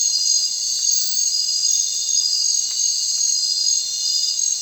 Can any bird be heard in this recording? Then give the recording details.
no. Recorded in secondary vegetation near Puerto Asís, Putumayo, Colombia, on 30 June 2025 at 19:30. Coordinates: 0.499, -76.323. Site G077